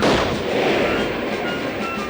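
In rising fog, a loud cannon blast bursts out at once as a cannonball is fired with great force, digging a wide furrow in the earth, and rolls on as a heavy, sustained roar of rumbling noise, with no voices.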